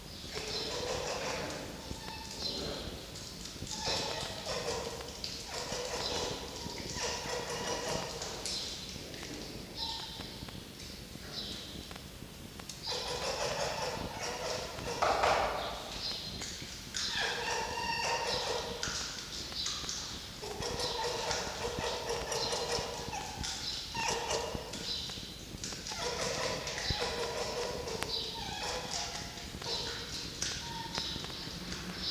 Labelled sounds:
Red Fox
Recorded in captivity
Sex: female
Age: diverse
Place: Zoologisches Institut der HUB, Berlin, DE
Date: 1953-06-05 19:00
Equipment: Elmetra
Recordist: Tembrock, Günter
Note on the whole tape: Quick (versteckt Fleisch unter 1): Bellknurren; Fiffi: Muffen mit Fleisch

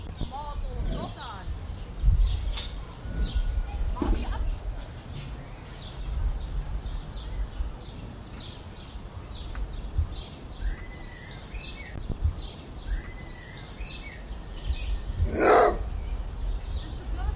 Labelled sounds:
Maned Wolf
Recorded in captivity
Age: adult
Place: Zoo Halle, Sachsen-Anhalt, DE
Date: 1977-05-27 12:22
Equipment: Nagra SN, Kopie Uher 4200
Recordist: Tembrock, Günter
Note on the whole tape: Bellaut und Knurren gegen Pflegerin. Abstand: 20 m

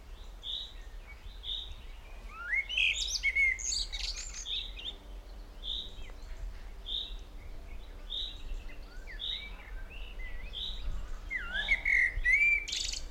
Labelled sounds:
Common Blackbird
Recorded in the wild
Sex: male
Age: adult
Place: Blankenfelde, Berlin, DE
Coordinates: 52.645, 13.395
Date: 1992-05-31
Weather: sonnig, 22-25 °C
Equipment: Marantz CP 430, Sennheiser ME 80, K 30 AV, Kopie Tesla B 116
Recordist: Tembrock, Günter

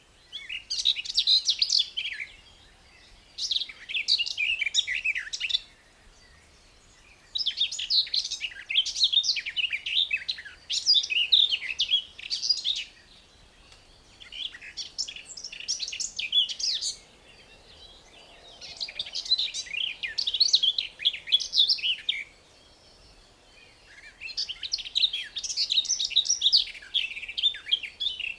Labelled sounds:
Garden Warbler song
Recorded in the wild
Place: Kaiserslautern, Rheinland-Pfalz, DE
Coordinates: 49.4247, 7.77889
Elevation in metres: 279
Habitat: garden
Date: 1986-07-15
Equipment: Nagra IV, Sennheiser MKH 815 T
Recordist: Tretzel, Erwin
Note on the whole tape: Garten, Kaiserslautern: Gesang

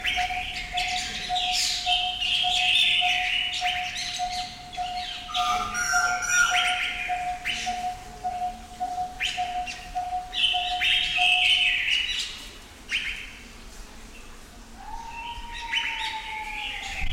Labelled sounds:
Chinese Bamboo Partridge
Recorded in captivity
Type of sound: song, twittering, call sequence
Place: Zoo Berlin, Berlin, DE
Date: 1996-02-10 15:50
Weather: wolkig, -11°C
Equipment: Sony MD-WM MZ-R3, Sennheiser ME 80, Kopie Uher 4000 Report Monitor
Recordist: Tembrock, Günter
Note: Bambushuhn: (nicht gesehen) Rufreihe

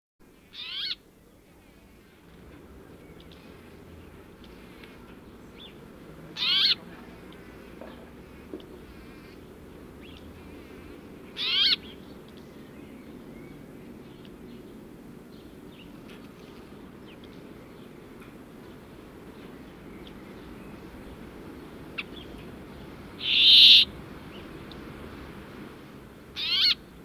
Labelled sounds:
Brambling
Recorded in captivity
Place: Bergen, Insel Rügen, Mecklenburg-Vorpommern, DE
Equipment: Nagra III BH, Sennheiser MD 21
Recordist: Schubert, Michael
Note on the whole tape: Bergfink als Käfigvogel im Freien, Rufe, Gesang

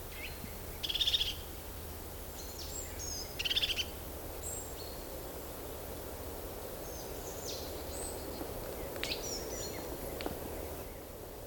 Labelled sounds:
European Crested Tit
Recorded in the wild
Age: adult
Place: Treuchtlingen, Heumöderntal, Bayern, DE
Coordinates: 48.96, 10.91
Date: 1993-09-07 17:54
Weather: 20 °C, wolkig
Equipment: Marantz CP 430, Sennheiser MKH 416 T, Kopie Uher Variocord 263
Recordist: Tembrock, Günter

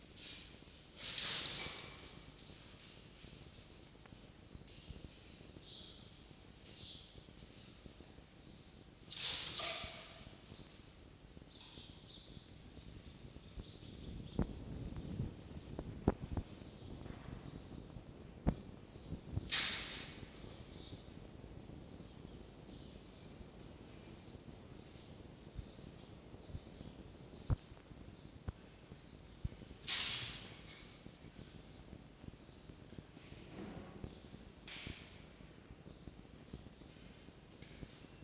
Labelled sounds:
Red Fox
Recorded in captivity
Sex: pair
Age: adult
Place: Zoologisches Institut der HUB, Berlin, DE
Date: 1953-02-13 10:20
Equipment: Elmetra
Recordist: Tembrock, Günter
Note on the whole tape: Begattung Fiffi - Jupp: Fiffi: Laute während des Hängens; Jupp (gegen Castor und Fiffi): nk

